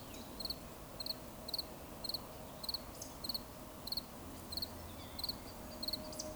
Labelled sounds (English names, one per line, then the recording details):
Eurasian Woodcock whistle
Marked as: whistle, whistle, whistle
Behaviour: display flight
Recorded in Baden-Württemberg, Germany, on 11 June 2020 at 19:39 UTC
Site 24578, 122 m above sea level